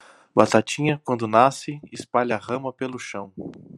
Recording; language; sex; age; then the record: short text; Brazilian Portuguese; male; 30 to 39 years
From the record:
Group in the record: control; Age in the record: 39 years